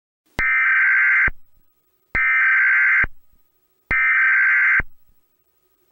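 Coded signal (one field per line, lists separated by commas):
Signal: Emergency Alert System (SAME) tones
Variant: header bursts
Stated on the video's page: Fictional EAS scenario, with a synthetic voice made in text-to-speech software.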